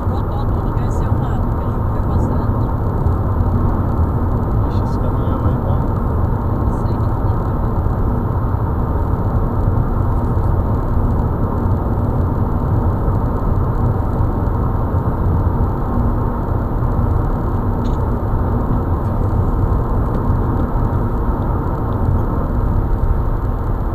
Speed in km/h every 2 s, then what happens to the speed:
128, 128, 128, 129, 131, 132, 133, 134, 135, 135, 135, 135.
0-24 steady at about 132.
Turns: none.